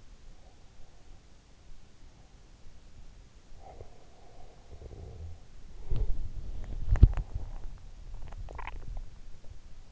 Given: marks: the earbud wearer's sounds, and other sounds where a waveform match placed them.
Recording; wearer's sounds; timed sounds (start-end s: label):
sounds in sleep by an in-ear microphone; breath, body movement, swallowing
0.00-2.45 s: breath
3.52-5.37 s: sound from someone else or the room
5.59-9.50 s: body movement
8.27-9.17 s: swallowing